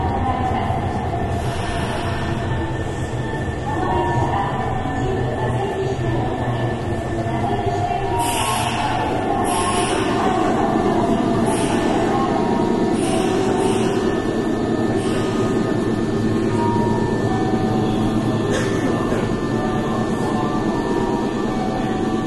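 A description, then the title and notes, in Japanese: Inside a moving airport express train, a dense steady rumble of wheels and motor hums throughout, with brief bright squeals and clacks around eight to twenty seconds. 南海電気鉄道 8300系電車の走行音です。南海戦の空港急行にて収録しました。区間は、難波からりんくうタウンまでです。南海8300系 空港急行 難波からりんくうタウンまで。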